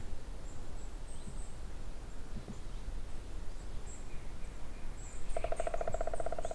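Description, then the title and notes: Woodpecker drumming arrives late as one rapid, evenly spaced roll of resonant knocks, after several seconds of quiet low rumble and a few faint high chirps. On a dry spruce near wetlands at Hatě, Ústí, Czechia; recordist unsure whether a green woodpecker or another woodpecker. "Ústí, Czechia - datel na suchém smrku. žluna nebo datel na suchém smrku nedaleko mokřadů na Hatích"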